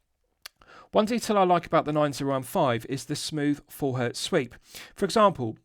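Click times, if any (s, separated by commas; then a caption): 0.5 s. The winding crown of an Aision Hang Crafts Limited Edition 4K watch is pushed from the date-set position back down against its steel case, giving a sharp, positive click at 0.5 s that restarts the movement. A fainter tick follows, and then someone talks.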